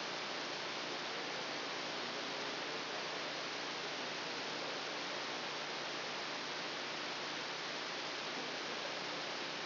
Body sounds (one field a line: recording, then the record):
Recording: brain microelectrode recording played as sound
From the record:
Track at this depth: outside the subthalamic nucleus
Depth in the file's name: -0.284 mm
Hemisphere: left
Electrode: 2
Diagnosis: Parkinson's disease